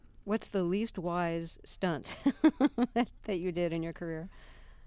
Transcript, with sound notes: What's the least wise stunt...
(Soundbite of laughter)
That you did in your career?